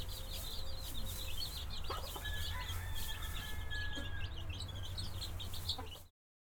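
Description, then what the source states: Chicken chicks peeping: rapid, high, thin peeps running continuously, with a few soft hen clucks and a steady low hum underneath. Hen with her chicks.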